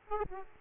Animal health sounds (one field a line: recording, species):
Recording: mosquito wingbeat signal from an infrared sensor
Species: Aedes aegypti